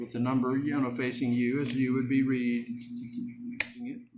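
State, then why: Seated. A loaded 10-shot rotary pellet magazine is snapped into the magazine slot of a Gamo Replay 10 IGT .22 caliber air rifle, with the number facing the shooter, while someone talks. A short, sharp click is heard at 3.6 seconds as the magazine locks into place, seated in the receiver.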